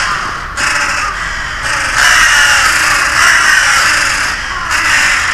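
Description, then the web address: Crow calling with rough, rasping caws that run on into a long, sustained harsh call, with a steady hiss behind it. "karasumanual files voice 6"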